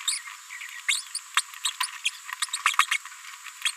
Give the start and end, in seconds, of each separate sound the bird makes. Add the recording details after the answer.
0.07-0.18, 0.88-1.01, 1.14-1.19, 1.65-1.70, 2.05-2.09, 2.42-2.46, 2.65-2.73, 3.65-3.72. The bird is a female. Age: 31 days. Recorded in a nest box in Venezuela. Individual 17B73B2